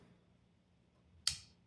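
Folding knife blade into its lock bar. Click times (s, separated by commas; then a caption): 1.3 s. A Spyderco Manix 2 folding knife in CruWear with Micarta is rotated open until its lock bar engages the notch in the blade tang. A single sharp click rings out at 1.3 seconds, bright across the highs over a quiet low hum, and the blade locks in place.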